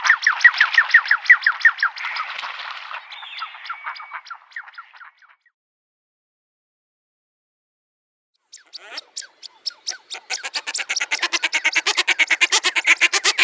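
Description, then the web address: Common shelduck calls: a fast series of clipped, nasal notes fading out, then a pause, then another rapid, rattling run of cackling notes. "Schulze Peter Common Shelduck"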